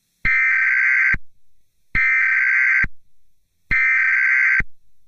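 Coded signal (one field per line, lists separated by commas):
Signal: Emergency Alert System (SAME) tones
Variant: header bursts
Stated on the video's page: Fictional EAS scenario, a simulated alert that may contain valid EAS tones.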